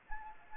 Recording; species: mosquito wingbeat signal from an infrared sensor; Anopheles arabiensis